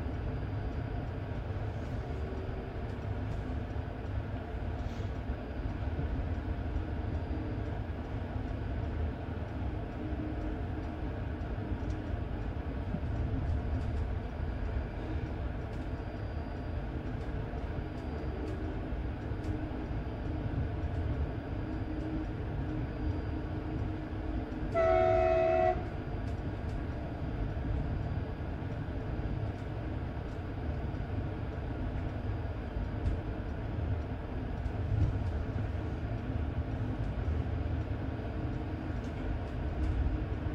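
A train rolls along with a steady, heavy low rumble that fills the whole recording at an even level. Faint rattles and clicks come and go, and around 25 seconds a short, bright whine or squeal rises briefly above the drone.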